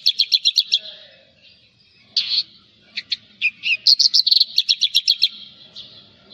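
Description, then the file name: Javan bush lark song: a fast series of high sharp notes, a pause, then scattered chirps building into another rapid repeated run. "suara burung branjangan jawa"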